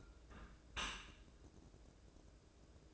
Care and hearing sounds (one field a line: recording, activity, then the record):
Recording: daily activity, microphone in the room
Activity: close dishwasher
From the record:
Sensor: 2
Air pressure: 1012.2 hPa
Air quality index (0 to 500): 133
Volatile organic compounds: 2 ppm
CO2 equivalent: 984 ppm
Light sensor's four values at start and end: 305/749/304/309 and 309/757/307/313